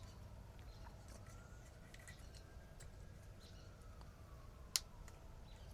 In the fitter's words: Hear that little snap?